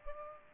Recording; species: mosquito wingbeat signal from an infrared sensor; Culex pipiens